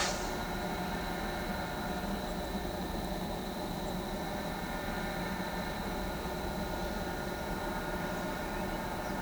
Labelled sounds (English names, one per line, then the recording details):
none
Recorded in pastures near Pivijay, Magdalena, Colombia, on 14 April 2023 at 08:00
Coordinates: 10.456, -74.369
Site P6-G026